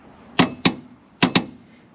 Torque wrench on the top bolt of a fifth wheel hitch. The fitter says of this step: that little clicking noise means we've met the 70 pounds of torque or 65 pounds of torque